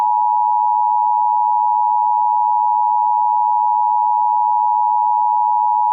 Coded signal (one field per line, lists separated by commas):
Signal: Emergency Alert System (SAME) tones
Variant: 853 and 960 Hz attention tone